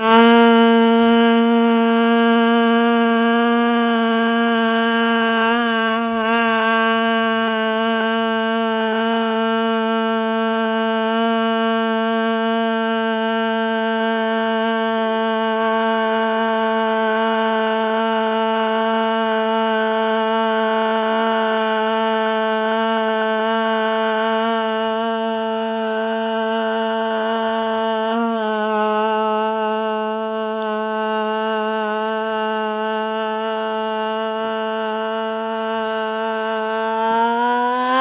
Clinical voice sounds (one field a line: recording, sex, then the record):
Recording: sustained vowel /a/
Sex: female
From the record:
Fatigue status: no fatigue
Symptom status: asymptomatic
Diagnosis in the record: COVID-19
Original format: 3gp